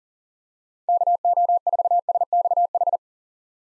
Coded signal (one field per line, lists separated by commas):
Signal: Morse code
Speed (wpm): 40 wpm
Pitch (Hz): 700 Hz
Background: none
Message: KO4SXH